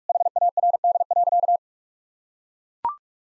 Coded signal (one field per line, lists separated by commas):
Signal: Morse code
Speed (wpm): 41 wpm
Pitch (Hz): 700 Hz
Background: none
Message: HARD.